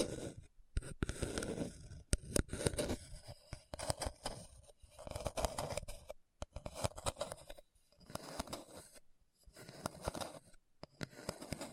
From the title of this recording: Hard and Bumpy Surface Scratching